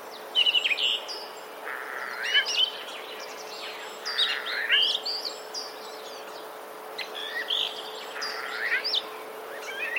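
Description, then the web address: Common starling song of scratchy chatter and short chirps in loose bursts, fainter and partly blurred by background noise. Mimicry of sparrow sounds; recorded 16 March 2024. "wroblowe zapozyczenia szpaki 16 03 2024"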